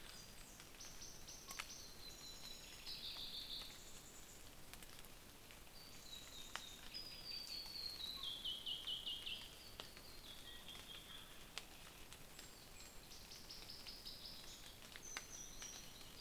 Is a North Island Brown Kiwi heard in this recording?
no